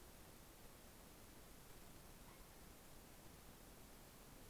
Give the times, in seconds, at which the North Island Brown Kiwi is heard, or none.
none